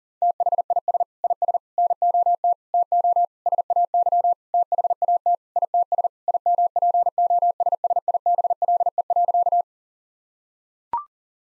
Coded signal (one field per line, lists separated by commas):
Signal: Morse code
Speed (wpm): 40 wpm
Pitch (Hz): 700 Hz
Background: none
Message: THIS IS NOT TO SAY THAT ITS IMPOSSIBLE.